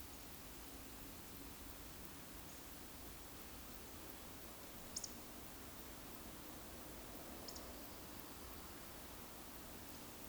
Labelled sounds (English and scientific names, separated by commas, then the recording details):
Eurasian Woodcock (Scolopax rusticola) whistle
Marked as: whistle, whistle, whistle, whistle, whistle
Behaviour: display flight
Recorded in Baden-Württemberg, Germany, on 9 May 2021 at 19:17 UTC
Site 23718, 552 m above sea level